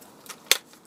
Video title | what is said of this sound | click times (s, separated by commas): Install of Esu 50709 lighting Trix 23430 Vid B | There you go. When you hear that click, you know you broke the seal. | 0.5 s